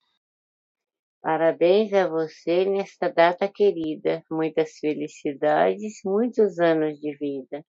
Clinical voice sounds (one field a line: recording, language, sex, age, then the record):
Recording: short text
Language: Brazilian Portuguese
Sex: female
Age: 50 to 59 years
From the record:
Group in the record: control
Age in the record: 57 years